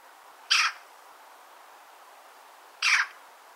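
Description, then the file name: Eurasian magpie giving two harsh, rasping chack notes about two seconds apart. "Pica pica"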